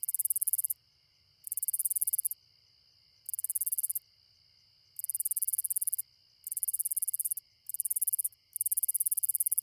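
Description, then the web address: Round-winged katydid giving a high, dry rattling song in bursts of roughly a second, separated by silent gaps of varying length. Rattler song type of the round-winged katydid. "The Songs of Insects. Rattler Round-winged Katydid"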